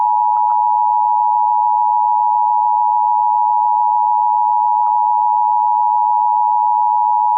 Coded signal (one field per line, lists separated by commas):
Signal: Emergency Alert System (SAME) tones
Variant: 853 and 960 Hz attention tone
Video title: EAS Possible Reenactment Mock: TX RMT but it is on different screens